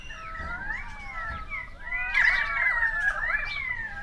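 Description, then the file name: Currawong whistles: long, smooth, wavering tonal glides from several birds layered over each other, rising and falling repeatedly. Several currawongs, recorded 28 May 2013. "130528 Currawongs"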